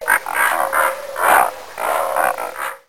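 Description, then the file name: Pelican calls: a run of hoarse, rough grunting calls with short gaps between them. "Grt Pelican"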